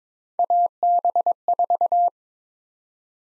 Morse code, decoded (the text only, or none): AB4